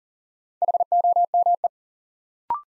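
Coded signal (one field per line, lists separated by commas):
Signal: Morse code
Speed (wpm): 37 wpm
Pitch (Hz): 700 Hz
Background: none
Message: HOME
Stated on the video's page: New words from top-200-word sentences sent in Morse at 40wpm as a head-copy drill; each word sent, spoken, then sent again.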